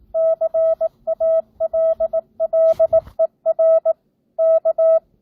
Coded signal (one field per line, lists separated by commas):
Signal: Morse code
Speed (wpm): 18 wpm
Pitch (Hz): 650 Hz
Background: none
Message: CALLER K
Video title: Morse Code Practice 12th Grade